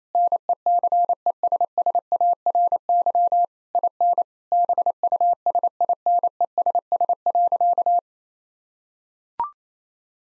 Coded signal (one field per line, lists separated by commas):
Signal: Morse code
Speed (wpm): 28 wpm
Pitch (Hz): 700 Hz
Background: none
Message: NECESSARY IN BUSINESS.